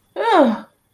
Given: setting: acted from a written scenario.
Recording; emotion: vocal sound without words; fear